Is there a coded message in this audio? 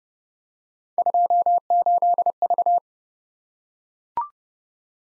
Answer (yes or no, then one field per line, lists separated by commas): yes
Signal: Morse code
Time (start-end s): 1.0-2.8 s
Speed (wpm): 27 wpm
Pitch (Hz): 700 Hz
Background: none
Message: 28V